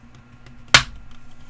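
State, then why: Seated. A power connector is pushed up by the fingers on its plastic into the base of a HomePod smart speaker, with a faint background hum and a few small taps before it. A single sharp click at 0.8 seconds marks the connector seating, leaving it flush with the body and not moving.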